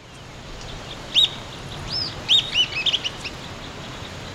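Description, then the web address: Sooty-headed tyrannulet song: a few high arched notes, then a fast cluster of short chips, over faint low background noise. Ecuador. "Natures Songs S America Birds of Ecuador. Sooty-headed Tyrannulet"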